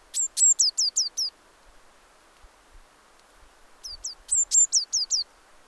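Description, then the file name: Eurasian blue tit giving high, sharp calls in short runs of several downslurred notes, two bursts separated by a quiet gap with faint low thumps. "Cyanistes caeruleus"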